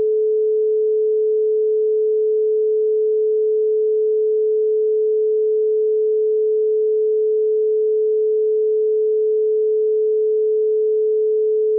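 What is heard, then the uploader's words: A pure 432 Hz tone holds perfectly steady for the whole twelve seconds, a single smooth mid-low pitch with no wavering. Loudness stays constant from start to finish, and nothing else is heard behind it. 432 Hz Solfeggio Frequency.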